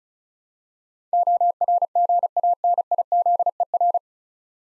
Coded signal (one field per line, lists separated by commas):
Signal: Morse code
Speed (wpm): 34 wpm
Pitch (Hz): 700 Hz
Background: none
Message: ORGANIZER